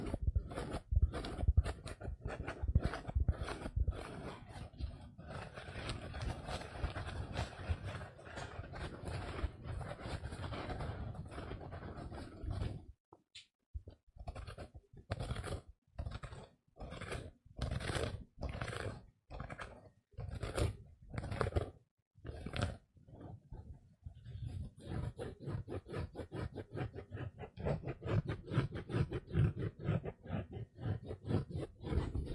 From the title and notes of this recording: ASMR Sponge scratch Soft & Rough sounds (No Talking).